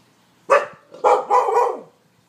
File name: akita